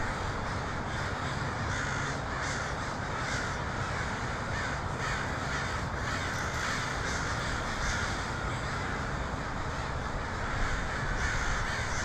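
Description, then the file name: Crows clamour in an unbroken chorus of coarse caws over a steady background roar. Crows in Portland on 23 October 2018. "pdx crows 2018-10-23"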